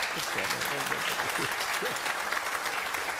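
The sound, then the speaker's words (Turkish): An audience claps steadily for a teacher who runs Quran study circles, a dense wash of applause lasting a few seconds, with a man's voice speaking faintly underneath. “alkışı hak etmedi mi arkadaşlar?”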